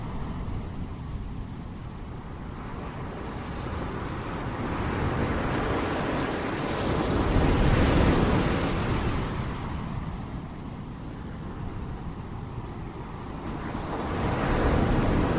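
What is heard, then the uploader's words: Ocean waves roll onto a beach in a continuous low roar, swelling into a fuller, hissing rush around eight seconds and again near fourteen seconds. Between surges the wash settles to a steady rumble, with no other sounds standing out. Ocean waves crashing on the beach.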